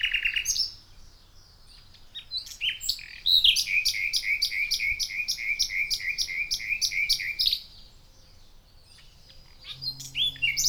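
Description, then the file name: Common nightingale song: a brief whistled note, then a loud, fast series of repeated rattling notes lasting about four seconds before the phrase stops. "Luscinia megarhynchos"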